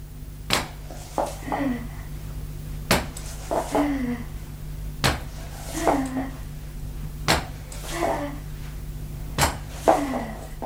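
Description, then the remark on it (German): Crutches knock against the floor as a person walks on them for a few steps to a door, in a slow, steady rhythm: five dry wooden thuds spaced about two seconds apart, each followed by a faint scuffing shuffle, with no voices. “Atemlos steht der Leutnant, horcht auf das trockene Klopfen und Stoßen der Krücken, spürt sein Herz unter der Uniform schlagen, steht noch immer unbeweglich, als das schreckliche Geräusch”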